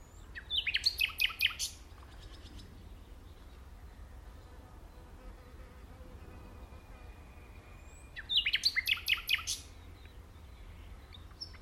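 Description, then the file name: Common nightingale song: two bursts of quick, repeated, rattling notes several seconds apart, with a faint steady whistle in the long quiet gap between them. "Luscinia megarhynchos"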